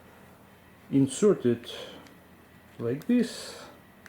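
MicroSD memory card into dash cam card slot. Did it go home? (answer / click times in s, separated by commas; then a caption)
no / none. A microSD memory card is being handled at the card slot of a Viofo A119 Mini 2 dash cam, front of the card facing away from the dash cam's display, while someone talks. Nothing has seated or clicked yet; the clip ends before the card goes home, with only a faint short tick near 4.1 seconds after the speech.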